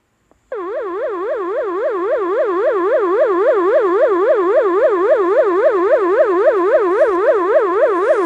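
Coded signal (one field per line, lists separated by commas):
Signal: siren signal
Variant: Telegrafia Pavian electronic siren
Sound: rapid warbling electronic siren, rising and falling several times per second, continuous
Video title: Siren signal "FLOOD DANGER" (Malaysia 🇲🇾) | Pavian 1200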